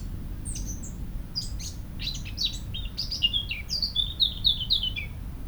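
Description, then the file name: Eurasian blackcap song: a scratchy, hurried warble, then loud, clear fluty whistles in the second half, with a low background rumble throughout. "Sylvia atricapilla"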